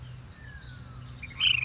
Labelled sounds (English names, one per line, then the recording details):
Ash-throated Flycatcher
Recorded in Sonoma County, California